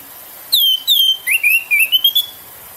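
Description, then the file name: Orange-headed thrush phrase of loud falling whistles, then a run of rising, ringing slurred notes, over soft background hiss. Indonesian name anis merah; singing intensely and continuously, described with the bird-keeping song terms teler, gacor and dor. "suara anis merah teler gacor dor"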